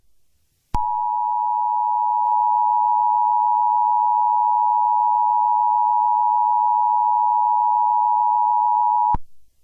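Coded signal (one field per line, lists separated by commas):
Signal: Emergency Alert System (SAME) tones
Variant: 853 and 960 Hz attention tone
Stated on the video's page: Fictional EAS scenario.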